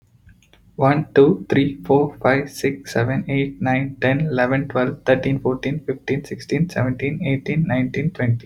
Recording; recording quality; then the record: counting at a fast pace; excellent, no background noise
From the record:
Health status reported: healthy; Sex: male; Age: 25 years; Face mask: not worn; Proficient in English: yes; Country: India